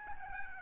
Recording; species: mosquito wingbeat signal from an infrared sensor; Aedes albopictus